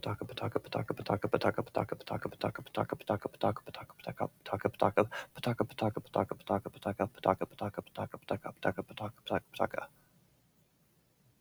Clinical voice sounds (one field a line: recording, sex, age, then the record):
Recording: repeated syllables /pa ta ka/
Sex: male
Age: 30 to 39 years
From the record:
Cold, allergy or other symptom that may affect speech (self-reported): no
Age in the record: 32 years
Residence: United States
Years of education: 18